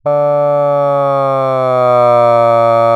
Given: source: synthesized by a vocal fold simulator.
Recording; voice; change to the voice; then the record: sustained vowel; male; asymmetry, level 11 of 51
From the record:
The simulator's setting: 2.00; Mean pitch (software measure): 131 Hz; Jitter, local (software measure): 0.18%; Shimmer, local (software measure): 1.1%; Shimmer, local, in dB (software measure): 0.11 dB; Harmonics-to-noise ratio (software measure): 34.3 dB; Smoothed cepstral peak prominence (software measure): 25.1 dB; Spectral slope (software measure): -17.9 dB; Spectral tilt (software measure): -12.5 dB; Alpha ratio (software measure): -8.4 dB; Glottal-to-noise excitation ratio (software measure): 0.966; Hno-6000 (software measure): 2.4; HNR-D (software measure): 31.1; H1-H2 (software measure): 4.5 dB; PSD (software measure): 6.8e-04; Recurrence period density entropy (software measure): 0.109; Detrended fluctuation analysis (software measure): 0.0502